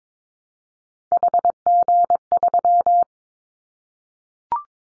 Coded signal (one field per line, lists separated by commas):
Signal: Morse code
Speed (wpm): 22 wpm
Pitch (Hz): 700 Hz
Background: none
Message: HG3